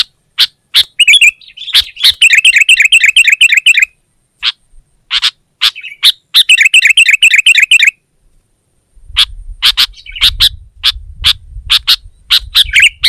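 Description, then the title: Sooty-headed bulbul in fast rattling bursts of repeated notes broken by sharp single chirps, then a spaced series of clear chirps over a low hum. "kutilang"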